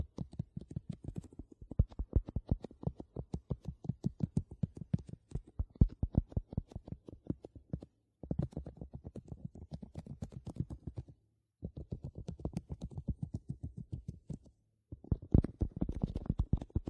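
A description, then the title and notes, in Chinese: Gentle ear massage: rapid, soft, muffled patting strokes in steady bursts, low, pausing briefly near 8, 11 and 15 seconds. 姐系女友的温柔双耳按摩。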